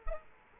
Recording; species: mosquito wingbeat signal from an infrared sensor; Culex quinquefasciatus